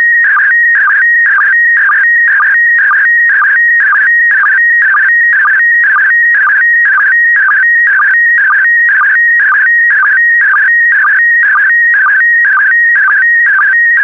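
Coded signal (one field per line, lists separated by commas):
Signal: SSTV (slow-scan television)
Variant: PD120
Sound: warbling tone around 1.5-2.3 kHz with short low sync chirps about twice a second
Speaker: Starting transmission in 5, 4, 3, 2, 1. Transmission complete. You can now check your decoded image against the picture that is shown on the video.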